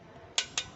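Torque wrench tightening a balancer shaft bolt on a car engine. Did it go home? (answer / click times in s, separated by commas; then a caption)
yes / 0.4 s, 0.6 s. A torque wrench set to 220 kgf (converted to newtons) tightens a bolt on the balancer shaft of a 2010 Toyota Alphard ANH-20 2AZ-FE engine. Two sharp clicks ring out at 0.4 s and 0.6 s over a quiet background. The clicks confirm the bolt has reached the set torque.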